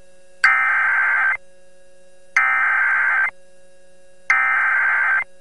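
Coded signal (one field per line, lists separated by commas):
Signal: Emergency Alert System (SAME) tones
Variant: header bursts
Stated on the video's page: NOAA Weather Radio alerts during a December derecho in Sioux City, Iowa.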